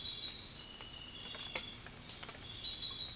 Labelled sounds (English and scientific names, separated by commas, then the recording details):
none
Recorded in secondary vegetation near Puerto Asís, Putumayo, Colombia, on 20 December 2024 at 01:30
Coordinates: 0.481, -76.318
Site G042